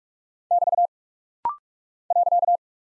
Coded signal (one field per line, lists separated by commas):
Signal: Morse code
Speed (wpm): 46 wpm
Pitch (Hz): 700 Hz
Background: none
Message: <BT> .